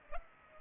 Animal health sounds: mosquito wingbeat signal from an infrared sensor; Culex pipiens

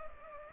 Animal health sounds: mosquito wingbeat signal from an infrared sensor; Culex pipiens

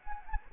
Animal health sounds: mosquito wingbeat signal from an infrared sensor; Anopheles gambiae

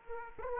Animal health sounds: mosquito wingbeat signal from an infrared sensor; Aedes aegypti

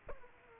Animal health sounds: mosquito wingbeat signal from an infrared sensor; Aedes aegypti

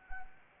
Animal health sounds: mosquito wingbeat signal from an infrared sensor; Anopheles arabiensis

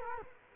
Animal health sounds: mosquito wingbeat signal from an infrared sensor; Culex quinquefasciatus

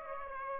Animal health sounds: mosquito wingbeat signal from an infrared sensor; Aedes aegypti

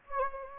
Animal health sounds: mosquito wingbeat signal from an infrared sensor; Anopheles gambiae

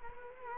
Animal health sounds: mosquito wingbeat signal from an infrared sensor; Culex quinquefasciatus

